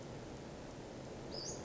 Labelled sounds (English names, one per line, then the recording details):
Western Flycatcher
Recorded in Sonoma County, California